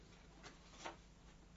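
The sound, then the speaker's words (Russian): A book page being turned: a soft, brief papery rustle with a faint swish just before it, quiet against a low background hum, with no talking. “Следующая страница”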